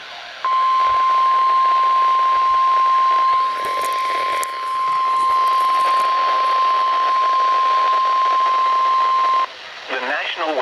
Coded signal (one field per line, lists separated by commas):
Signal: Emergency Alert System (SAME) tones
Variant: 1050 Hz attention tone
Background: speech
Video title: MORE ALERTS FOR YA LADDIES!! EAS Alerts from 3/17/18 (EAS #827 - 844)